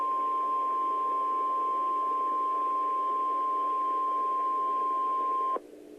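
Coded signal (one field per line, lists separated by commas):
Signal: Emergency Alert System (SAME) tones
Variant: 1050 Hz attention tone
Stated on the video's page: EAS alerts from the Oklahoma City tornado outbreak, presented as a timeline.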